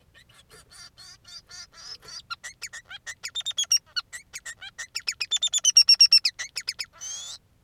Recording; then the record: song of a male Bengalese finch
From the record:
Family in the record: son of father 3